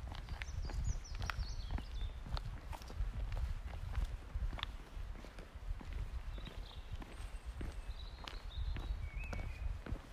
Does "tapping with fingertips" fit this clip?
no